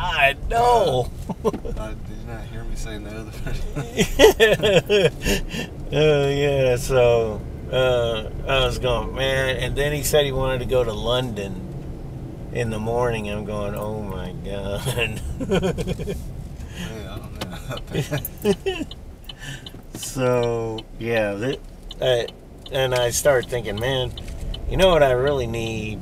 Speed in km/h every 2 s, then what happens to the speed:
13, 13, 16, 21, 24, 26, 26, 19, 11, 5, 5, 10, 15.
0-9 speeds up to 26. 12-18 brakes to 5. 20-26 speeds up to 15.